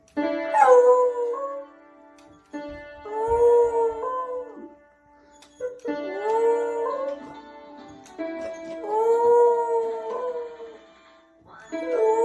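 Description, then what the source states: Dog howling in long drawn notes that rise and sag, several howls separated by short pauses, with steady piano tones beneath. Dog heard together with a piano.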